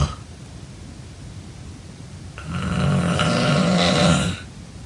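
A single snore from an adult sleeper: a low, rough inhalation lasting about two seconds, then quiet.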